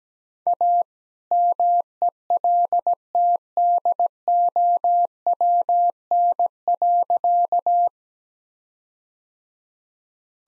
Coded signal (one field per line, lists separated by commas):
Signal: Morse code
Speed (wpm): 17 wpm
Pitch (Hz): 700 Hz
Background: none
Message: A MELTDOWN.